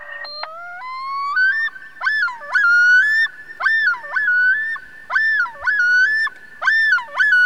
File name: Loon Piper Burnham